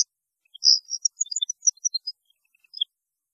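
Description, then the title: European goldfinch song: a quick, tinkling jumble of high, varied chirps and twitters over about two seconds, then a few softer notes and a final chirp. "Chant Chardonneret"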